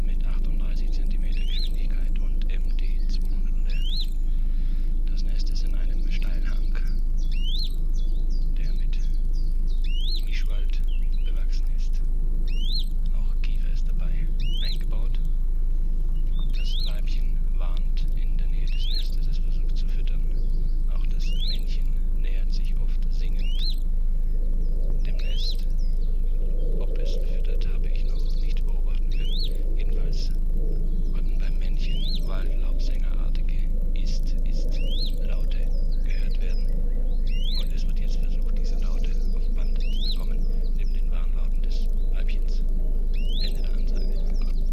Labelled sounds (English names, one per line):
Western Bonelli's Warbler